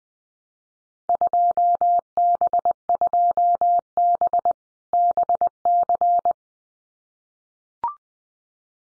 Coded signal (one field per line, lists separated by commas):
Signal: Morse code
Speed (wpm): 20 wpm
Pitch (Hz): 700 Hz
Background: none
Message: 2B2B BC